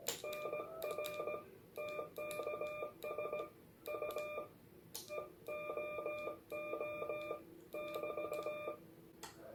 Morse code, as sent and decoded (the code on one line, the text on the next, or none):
-. .-. / - -.- ... / ..- / . --- --- / -...-
NR TKS U EOO <BT>